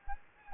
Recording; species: mosquito wingbeat signal from an infrared sensor; Anopheles gambiae